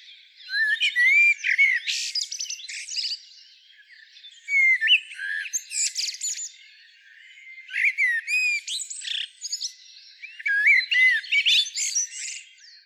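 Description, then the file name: Common blackbird giving four song phrases about every three seconds, each a short fluty warble followed by a squeaky, high twittered ending. "Turdus merula"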